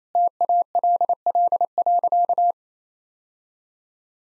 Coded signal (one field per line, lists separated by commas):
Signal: Morse code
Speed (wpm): 28 wpm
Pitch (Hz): 700 Hz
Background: none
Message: TALL.